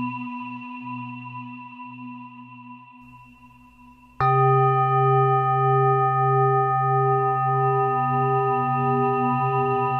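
A singing bowl rings, its layered tones slowly fading with a soft, pulsing low hum underneath. Just past four seconds the bowl is struck again, bringing a louder, fuller ring of several clear, steady pitches that sustain with a gentle wavering to the end.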